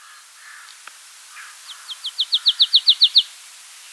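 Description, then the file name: Marsh tit giving a series of about eleven short downslurred high notes that grow louder, after a few faint chirps and a single click. "Poecile palustris"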